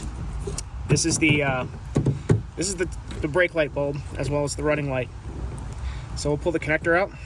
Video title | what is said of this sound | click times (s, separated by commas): DIY 2013 2014 2015 2016 2017 Honda Accord Replacing Brake Light Bulb & Turn Signal Bulb | All right, and once we have it in there, you'll hear it click once it's in place. | 0.6 s